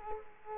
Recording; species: mosquito wingbeat signal from an infrared sensor; Culex quinquefasciatus